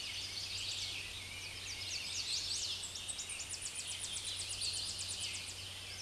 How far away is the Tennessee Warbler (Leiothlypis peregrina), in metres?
about 35 m